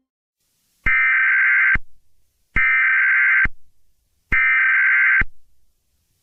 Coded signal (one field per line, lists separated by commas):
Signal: Emergency Alert System (SAME) tones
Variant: header bursts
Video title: EAS Scenario: The New Year's Eve Cataclysm